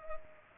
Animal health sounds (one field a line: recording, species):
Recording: mosquito wingbeat signal from an infrared sensor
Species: Culex pipiens